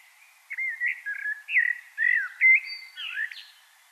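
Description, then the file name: Common blackbird song: a steady sequence of clear, mellow whistled notes, some sliding up or down, ending with a higher squeaky flourish. "Turdus merula"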